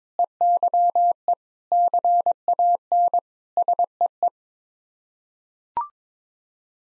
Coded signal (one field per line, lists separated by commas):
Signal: Morse code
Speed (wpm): 22 wpm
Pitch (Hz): 700 Hz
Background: none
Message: EYE CAN SEE